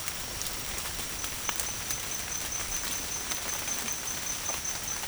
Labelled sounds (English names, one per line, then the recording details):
none
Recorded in dense forest near Puerto Asís, Putumayo, Colombia, on 27 June 2025 at 17:30
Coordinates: 0.503, -76.323
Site G059